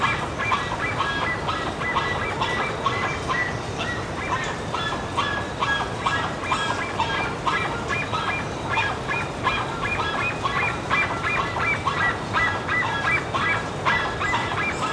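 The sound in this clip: Bird honking continuously, rapid nasal calls forming a constant noisy clamour.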